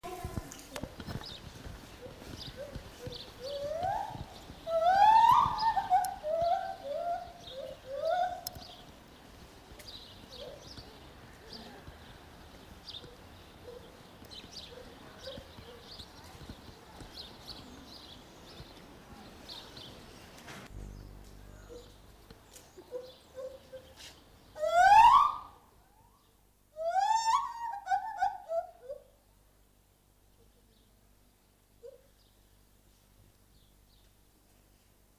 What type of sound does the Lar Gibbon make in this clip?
call